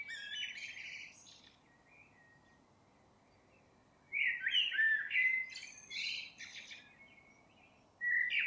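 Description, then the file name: Common blackbird singing: a faint phrase at the start, then a louder mellow warble with shrill twittering flourishes, and a new phrase beginning near the end. "Turdus merula"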